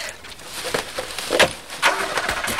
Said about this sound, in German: Da war jemand, aber er ist weggefahren. Er ist vor uns geflüchtet.